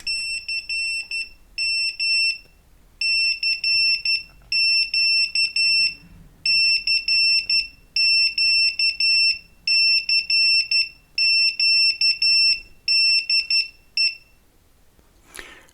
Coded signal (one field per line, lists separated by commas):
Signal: Morse code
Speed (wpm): 11 wpm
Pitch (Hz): 2700 Hz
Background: none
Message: CM CQ CQ CQ DE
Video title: MX K2: Entraîneur de Code Morse (cw-télégraphie) et Keyer Automatique.